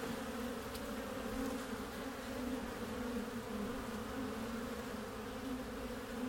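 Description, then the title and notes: Steady honey bee buzzing, a thick constant hum of many bees with little change in loudness. Backyard garden beehive entrance, recorded from the top on a warm spring day, Mission district, San Francisco, 2009; microphones placed in the hive and at its entrance. "Tree's Bees - Hive Entrance From Top (Excerpt). A warm spring day in the Mission district, San Francisco 2009, at the backyard garden beehive of Tree"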